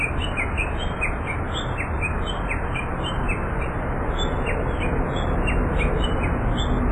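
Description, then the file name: Japanese bush warbler giving a fast run of short, sharp, slightly falling chirps, about two per second, irregularly spaced, over constant background noise. "uguisu"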